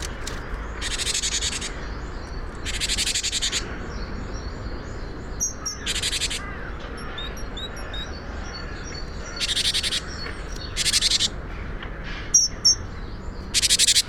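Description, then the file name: Great tit giving harsh churring rattles, two about a second long early on and shorter ones later after a long gap, with faint high twittering in between. "Parus major"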